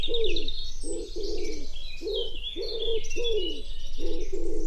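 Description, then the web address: Common wood pigeon giving a steady run of soft, deep coos in a rolling phrase, with busy high songbird twittering in the background. "cianscape. Deverinetal. Bird Only"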